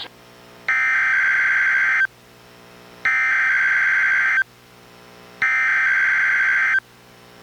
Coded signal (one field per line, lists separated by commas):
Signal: Emergency Alert System (SAME) tones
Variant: header bursts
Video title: EAS #1045: NWR Required Weekly Test- Jan. 8, 2025- 11:02AM PST